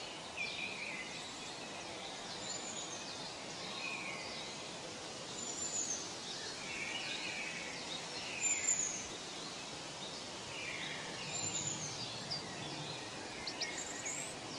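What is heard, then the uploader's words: Birds sing in a forest over a steady wash of outdoor noise, with bright chirps and warbles returning every few seconds. Forest and Nature Sleep Sounds - Soothing Birds Singing.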